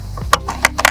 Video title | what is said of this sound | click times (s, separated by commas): Rhinomax Scorpion 10ft Micro Hybrid Camper - 2022 Walkthrough | once they're released the gastruts will lift the shower pod up and out of the way | 0.3 s, 0.6 s